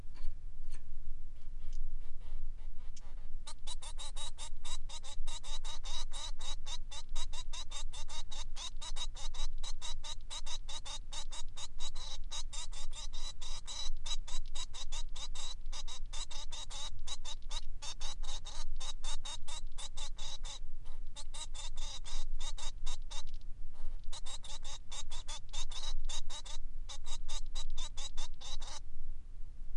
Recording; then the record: song of a male Bengalese finch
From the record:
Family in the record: son of father 3